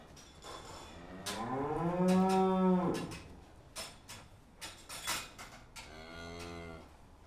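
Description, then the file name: Cow mooing: one loud, drawn-out moo rising then falling over about two seconds, a shorter, softer moo near the end, with scattered knocks and clatter between. "vaches"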